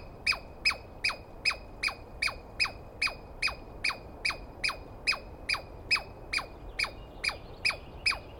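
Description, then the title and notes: Douglas squirrel call, a fast, even series of about twenty harsh falling chirps, each dropping quickly in pitch, roughly two and a half per second. Dawn recording on 21 April 2017 in the East Cascades; a single screaming squirrel calling at length, identified by its sound rather than a clear sighting. "Interview With The Chipmunk. On the morning of 21 April, 2017, I set up my microphones and recorder for a nice dawn recording in the East Cascades. I was started awake by a screaming Douglas Pine Squirrel"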